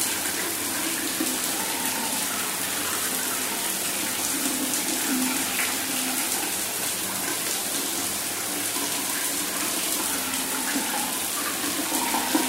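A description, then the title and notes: A shower runs steadily, its bright, dense hiss holding an even level from start to finish. Water streams and spatters, with faint lower splashing as droplets hit the floor, and small flickers of patter scattered throughout. Bathroom Shower. The calming sound of water running, the gentle patter of droplets hitting the floor, and the soothing white noise of the shower.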